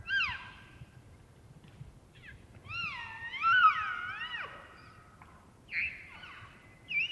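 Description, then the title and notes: Elk bugle: high whistled notes that waver up and down in a long wavering phrase, with shorter squealing bugles before and after. Bull elk roaring closer and far during the rut, morning of September 18, Colockum Wildlife Area; males vocal just before hunting season. "Elk Bull Roars Closer And Far With Challenges, Galloping, And Clashing Antlers. morning of September 18, starting pre-dawn. It was rutting season in the Colockum Wildlife area"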